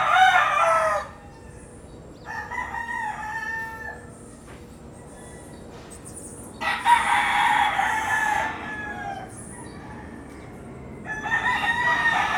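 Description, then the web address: Chicken crowing: four separate rooster crows spaced a few seconds apart, some loud and harsh, others thinner, with faint high bird notes between. Several roosters crowing at dawn in Puerto Rico. "puerto rico coqs aube PRico"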